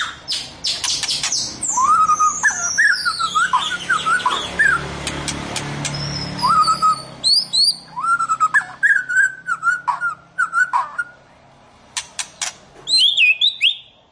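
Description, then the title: White-rumped shama song: rich whistled phrases, some slurred and warbling, mixed with sharp clicks and high chips, over a low background hum. "Kicau Murai Batu"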